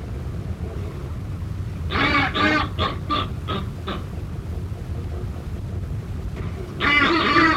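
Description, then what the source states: Buller's albatross utters a short series of quick harsh pulses, then a pause, then another loud nasal burst at the end, over steady low-pitched background rumble. Northern subspecies.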